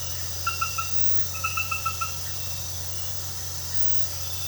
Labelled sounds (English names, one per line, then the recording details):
none
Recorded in pastures near Puerto Asís, Putumayo, Colombia, on 12 March 2025 at 22:30
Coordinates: 0.466, -76.322
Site CSA-02